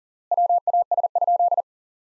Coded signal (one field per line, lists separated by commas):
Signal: Morse code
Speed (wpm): 37 wpm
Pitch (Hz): 700 Hz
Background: none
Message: WAS?